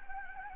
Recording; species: mosquito wingbeat signal from an infrared sensor; Anopheles gambiae